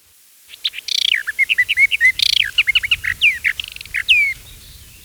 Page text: Eastern Orphean Warbler Song. Quick Sounds